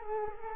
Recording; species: mosquito wingbeat signal from an infrared sensor; Culex quinquefasciatus